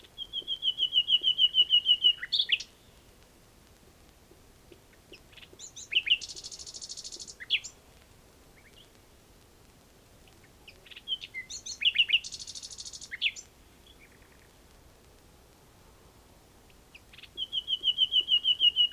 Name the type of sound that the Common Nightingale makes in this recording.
song